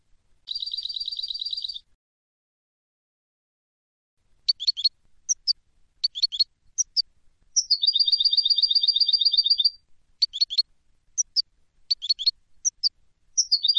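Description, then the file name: European goldfinch with a fast buzzy trill, scattered sharp tinkling notes, and a second long rattling trill that dips at its start; no other sounds heard. "Carduelis carduelis"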